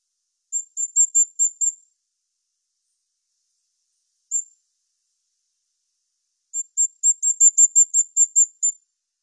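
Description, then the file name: Bisbis-comum singing a short run of thin, very high chips, a single lone note, then a longer series of about twelve sharp high notes; no other sounds. "Canto do bisbis comum"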